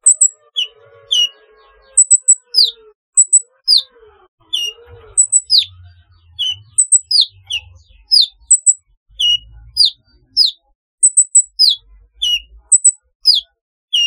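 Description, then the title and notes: Sunbird calls: sharp downslurred chirps mixed with tiny high ticks, repeated irregularly, with a faint low rumble in places. "Kicau Burung Kolibri"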